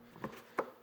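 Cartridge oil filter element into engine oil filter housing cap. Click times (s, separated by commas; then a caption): 0.6 s. A new cartridge-style oil filter element for a 2006 Chevrolet Cobalt LT 2.2L is pushed into the plastic engine oil filter housing cap. A softer tap comes at about 0.2 s, then a sharp click at 0.6 s as the element snaps into place and seats.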